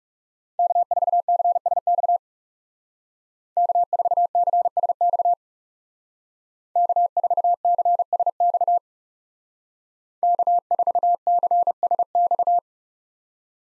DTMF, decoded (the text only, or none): none